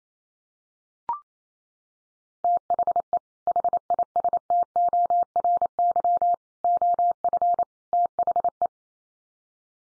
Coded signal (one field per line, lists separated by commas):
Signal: Morse code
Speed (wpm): 28 wpm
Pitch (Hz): 700 Hz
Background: none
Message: THE HISTORY OF THE